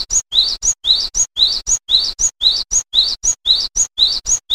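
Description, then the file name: Cinereous tit giving rapid, regular song phrases, each a rising chirp followed by a thin high note, repeated with only brief pauses. "suara burung glatik wingko"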